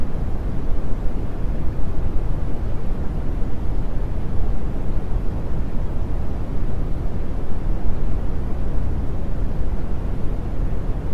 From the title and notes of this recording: 2 hours of deep brown noise.